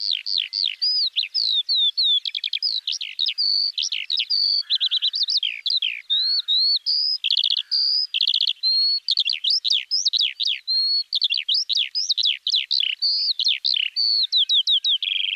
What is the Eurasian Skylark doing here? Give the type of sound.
song